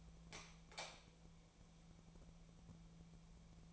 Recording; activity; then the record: daily activity, microphone in the room; light on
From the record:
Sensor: 1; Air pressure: 1000.1 hPa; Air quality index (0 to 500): 131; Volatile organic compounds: 2 ppm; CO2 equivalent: 1240 ppm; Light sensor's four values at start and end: 27/67/28/34 and 30/83/33/40